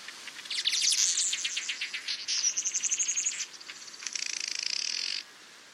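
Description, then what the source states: Weaverbird buzzy chattering song: rapid high sizzling trills and pulsed notes for about five seconds, ending in a fast metallic buzz. Males of many species build a series of intricately woven nests to lure a female; a dissatisfied female tears the nest apart.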